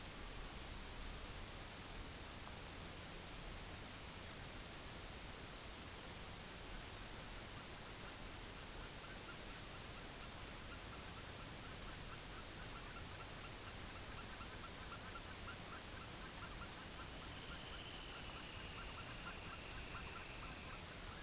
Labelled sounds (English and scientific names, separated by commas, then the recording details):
unidentified sound, Dunlin (Calidris alpina)
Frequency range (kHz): Dunlin (Calidris alpina) 1.8-4.1 kHz
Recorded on Arctic tundra, site UTQI-5, on 23 June 2018
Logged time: 04:00